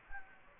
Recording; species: mosquito wingbeat signal from an infrared sensor; Anopheles gambiae